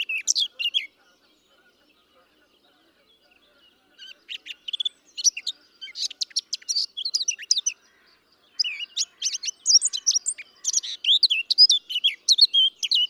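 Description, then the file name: Eurasian blackcap warbling in bursts: a brief opening phrase, then several long runs of fast, varied high chattering and whistled notes with short gaps. "Sylvia atricapilla"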